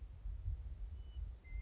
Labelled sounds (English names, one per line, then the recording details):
Western Meadowlark
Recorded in Sonoma County, California